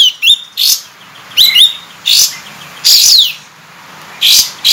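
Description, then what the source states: Sooty-headed Bulbul giving loud, harsh chirps and a falling note, roughly one burst per second. Kapas tembak 'buka ekor' (tail-opening) song style, used for training cage birds.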